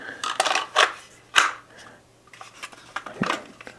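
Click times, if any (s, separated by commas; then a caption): 1.4 s. A Glock 43X compact pistol is pushed into a Safariland IncogX polymer inside-the-waistband holster whose retention grips at the ejection port. Handling clacks and rustles come first, then the pistol seats with a sharp, positive click at 1.4 s, followed by lighter taps and scrapes. The pistol is secured in the holster's retention.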